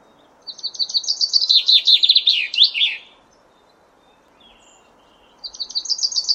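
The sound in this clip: Common chaffinch song: a fast, bright descending trill of repeated notes ending in a flourish, lasting about two and a half seconds, followed by a pause and the start of another phrase.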